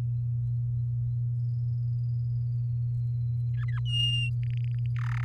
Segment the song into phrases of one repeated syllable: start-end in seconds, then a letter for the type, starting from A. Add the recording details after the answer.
3.57-3.79 A, 3.85-4.30 B, 4.43-4.86 C, 4.96-5.24 D. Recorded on 10 May 2018 at 05:50. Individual llb16